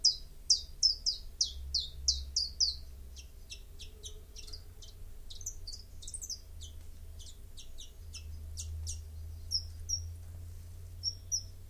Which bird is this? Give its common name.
Common Chiffchaff